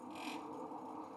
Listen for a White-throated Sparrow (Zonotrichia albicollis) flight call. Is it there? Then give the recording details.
no. No flight call is heard. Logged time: 03:37 on 5 December 2014